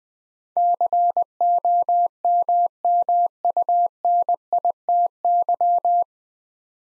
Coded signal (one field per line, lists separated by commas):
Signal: Morse code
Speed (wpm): 20 wpm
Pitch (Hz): 700 Hz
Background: none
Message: COMMUNITY